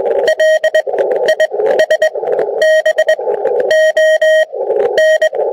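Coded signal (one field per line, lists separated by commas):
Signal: Morse code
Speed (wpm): 20 wpm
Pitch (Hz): 630 Hz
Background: none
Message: LISBON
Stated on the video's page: Morse seen on a transceiver waterfall display, captured through an HDMI-to-USB recording stick from the transceiver's DVI-D output.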